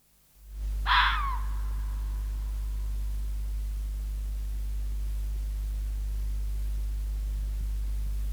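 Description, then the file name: Red fox giving a single short, harsh scream with a falling tail; the rest is a constant low background hum. "Rode vos - Sound Cloud - Beeld en Geluid"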